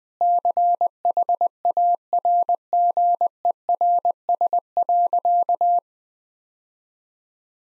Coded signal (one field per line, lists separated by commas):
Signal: Morse code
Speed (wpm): 21 wpm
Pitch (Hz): 700 Hz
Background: none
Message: CHARGERS.